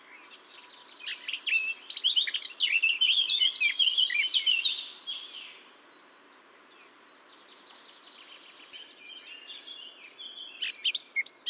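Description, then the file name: Eurasian blackcap: songbird warbling in a fast scratchy burst for a few seconds, then quieter twittering near the end, over a steady low background hiss. "Sylvia atricapilla"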